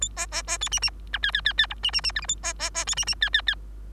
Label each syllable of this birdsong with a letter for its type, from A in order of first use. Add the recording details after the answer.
A B B B C D D E F F F F G D D D H I A B B B C D D F F F. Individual Bird3